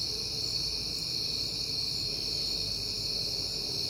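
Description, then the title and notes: Cricket chorus as an unbroken high-pitched trill, with a low background hum beneath it throughout. Crickets on a peaceful night in September. "Night Time: Crickets and Passing Cars. It is September and I have been hearing the crickets a lot, but finally had a peaceful night to make the recording"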